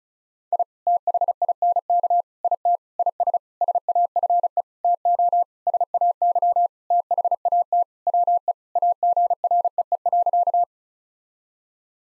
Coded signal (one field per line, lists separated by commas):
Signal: Morse code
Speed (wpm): 34 wpm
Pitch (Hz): 700 Hz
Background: none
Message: I THINK IT IS SAFE TO SAY THAT WE AGREE.